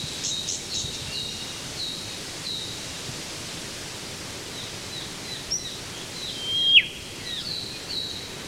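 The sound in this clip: Whipbird gives one swelling whistle that ends in a sharp downward whip crack late on, after a run of short repeated high chirps from another bird.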